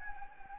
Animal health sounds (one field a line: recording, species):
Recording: mosquito wingbeat signal from an infrared sensor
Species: Anopheles gambiae